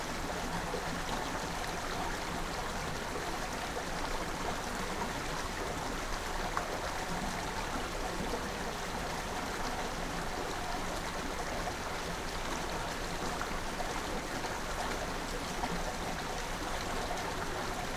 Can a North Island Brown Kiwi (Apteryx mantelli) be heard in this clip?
no